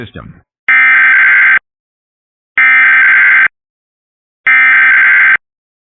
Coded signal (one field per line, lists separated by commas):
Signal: Emergency Alert System (SAME) tones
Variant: header bursts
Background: speech